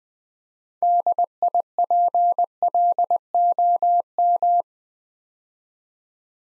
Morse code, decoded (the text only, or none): DIPLOM